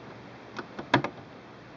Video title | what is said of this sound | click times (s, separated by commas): Singer Quantum L-500 Part 2 | hear that sound and it will click right into place now | 0.9 s